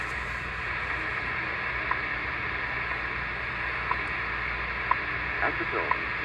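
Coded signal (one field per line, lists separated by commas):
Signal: radio time signal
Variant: WWV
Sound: hissy shortwave static with faint short clicks about once a second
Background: radio static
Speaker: 15 megahertz um I'm on Bandy 15 megahertz WWV on the good old realistic dx100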